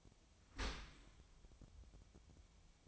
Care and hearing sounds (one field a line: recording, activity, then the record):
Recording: daily activity, microphone in the room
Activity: open dishwasher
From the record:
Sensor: 1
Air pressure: 1006.8 hPa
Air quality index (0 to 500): 208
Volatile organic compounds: 24 ppm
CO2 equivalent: 2810 ppm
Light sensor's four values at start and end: 12/31/12/13 and 12/31/12/13